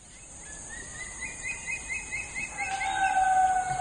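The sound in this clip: Eurasian stone-curlew: a quick run of repeated whistled notes swelling into a long wailing call, over a steady shrill hiss.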